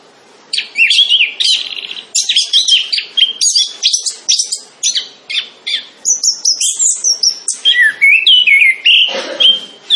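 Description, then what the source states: Orange-headed thrush singing a continuous, rich medley of high whistles, twittering trills and sliding notes. Singing actively and loudly (gacor).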